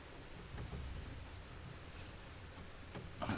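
An electrical plug is pushed onto the speed sensor of a differential that has just been bolted into an E30. Faint rustling and low rumble lead up to a single sharp snap at 3.2 s as the connector seats.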